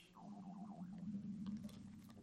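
A low, steady gurgling rumble lasting about two seconds, with a brief wavering, squeaky tone near the start. It is an adult's stomach growling (borborygmi), ordinary gas and fluid moving through the gut, picked up by a body-worn microphone.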